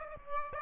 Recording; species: mosquito wingbeat signal from an infrared sensor; Aedes aegypti